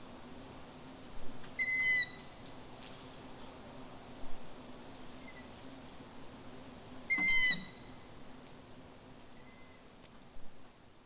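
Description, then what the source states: Long-eared owl calling with high, squeaky notes: two loud calls about five and a half seconds apart, with softer similar squeaks between and after them. Recorded on 29 July 2018.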